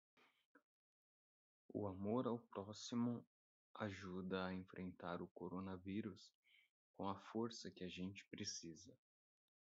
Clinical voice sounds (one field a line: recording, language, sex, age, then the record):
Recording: spoken sentence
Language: Brazilian Portuguese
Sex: male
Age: 30 to 39 years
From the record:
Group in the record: control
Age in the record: 32 years